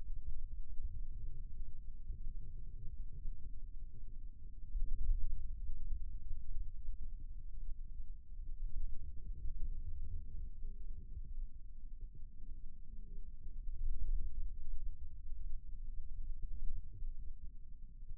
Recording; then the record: forearm muscle sounds (acoustic myography)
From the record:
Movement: ulnar deviation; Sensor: system 2, bracelet of six BSWA MPA416 microphones around the upper forearm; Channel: 1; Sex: male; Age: 22 years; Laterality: right